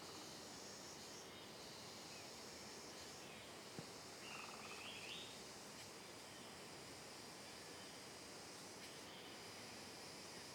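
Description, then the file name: Cicada chorus humming as a continuous shrill buzz, a quick two-part bird whistle cutting in near the middle. "Coro de Cigarras em Trilha de Mata Fechada Reverberando"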